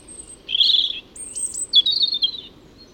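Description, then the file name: European robin song: a short, high warbled phrase, then a thin very high whistle, then a longer trilling, tumbling phrase, with a faint low background hum. "Erithacus rubecula"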